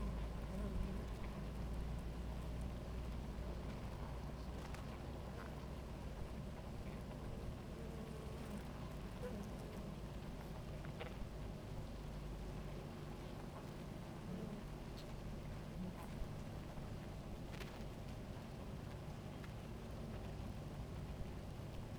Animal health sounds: honeybee colony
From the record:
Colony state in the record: active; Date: 28 July 2017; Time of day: 17:20

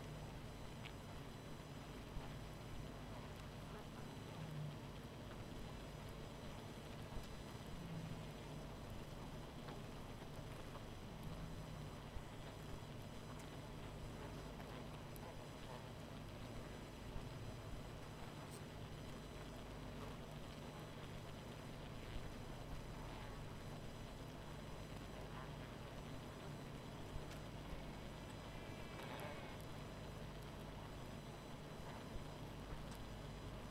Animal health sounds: honeybee colony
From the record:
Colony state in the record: missing queen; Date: 14 July 2017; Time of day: 20:49

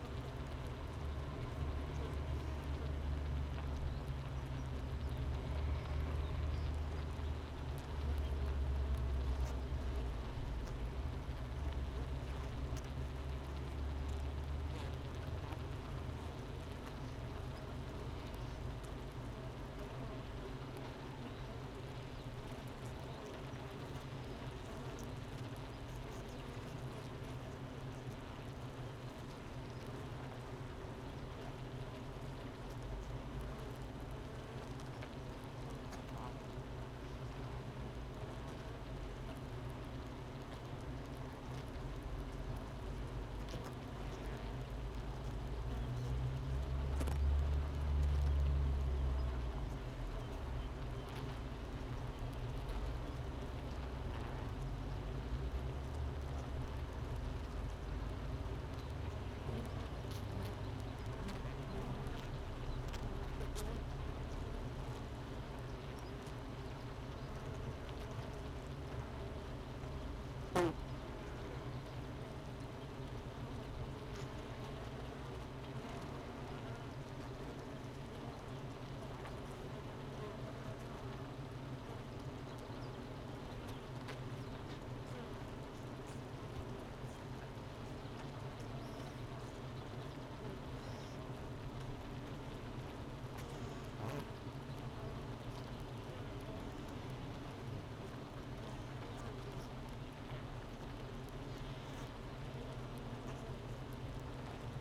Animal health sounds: honeybee colony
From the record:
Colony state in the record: missing queen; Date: 31 May 2018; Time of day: 9:36

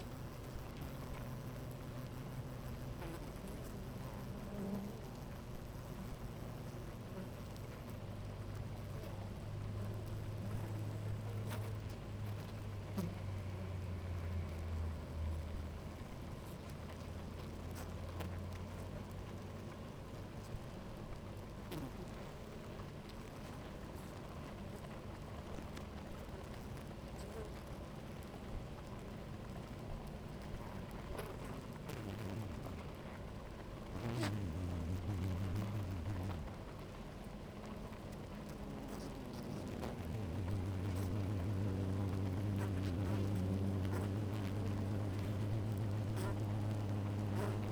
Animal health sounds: honeybee colony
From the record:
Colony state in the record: active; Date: 28 July 2017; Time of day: 11:17

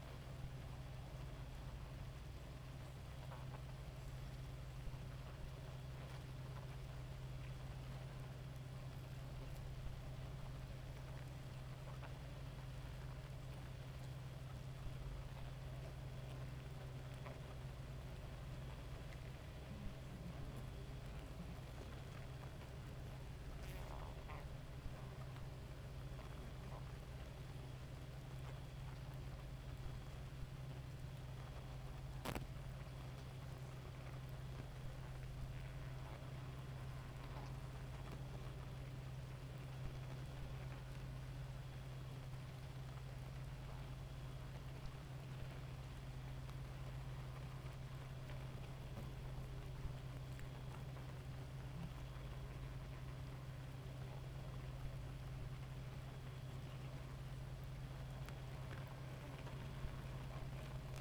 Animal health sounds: honeybee colony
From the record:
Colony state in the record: active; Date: 28 July 2017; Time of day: 2:23

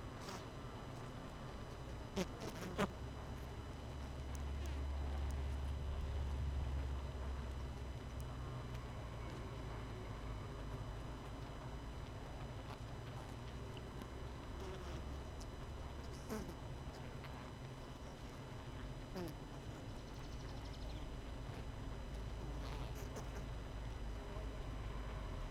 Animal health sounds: honeybee colony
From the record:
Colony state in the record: missing queen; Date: 31 May 2018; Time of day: 18:35

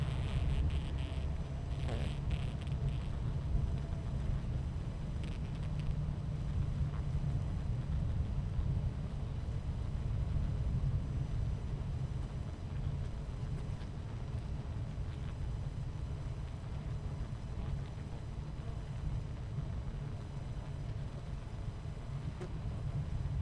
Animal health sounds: honeybee colony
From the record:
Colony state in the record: missing queen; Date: 14 July 2017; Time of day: 11:00

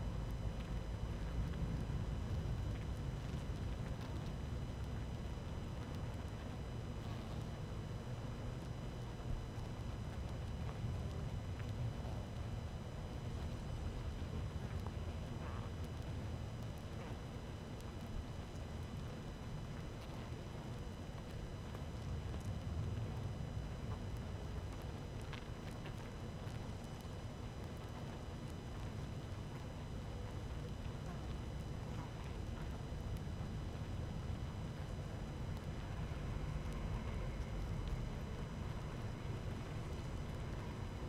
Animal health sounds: honeybee colony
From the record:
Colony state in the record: active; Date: 12 June 2018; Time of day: 18:29

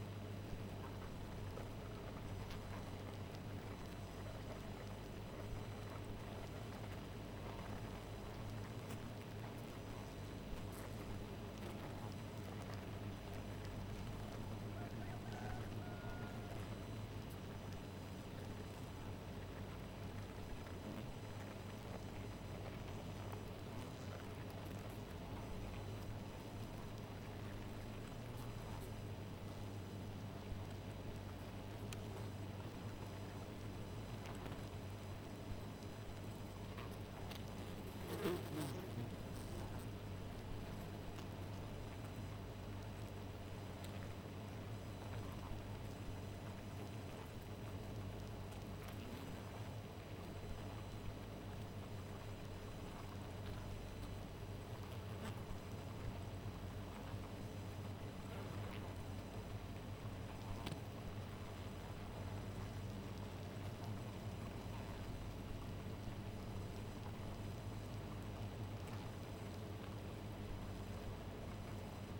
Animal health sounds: honeybee colony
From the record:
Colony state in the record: missing queen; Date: 14 July 2017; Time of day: 2:53

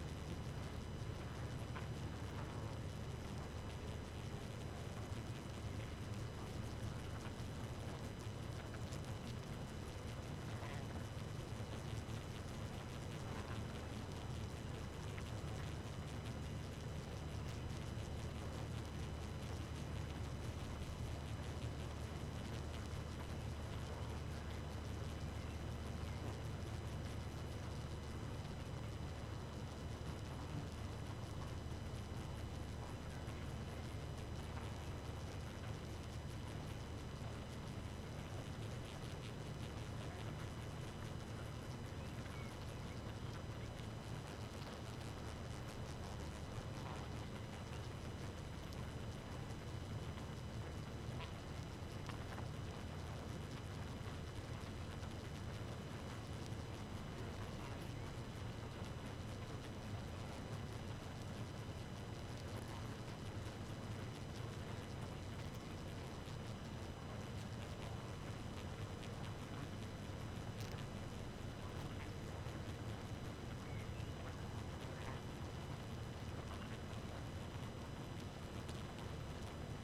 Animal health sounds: honeybee colony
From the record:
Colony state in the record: active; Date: 12 June 2018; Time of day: 2:42

